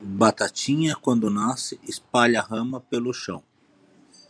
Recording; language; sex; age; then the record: short text; Brazilian Portuguese; male; 40 to 49 years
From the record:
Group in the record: control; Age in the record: 49 years